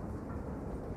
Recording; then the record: background sound without coughing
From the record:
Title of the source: Train Ride Ambience ambient white noise for sleeping, focus, studying, reading